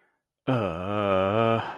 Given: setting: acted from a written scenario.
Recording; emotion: vocal sound without words; confusion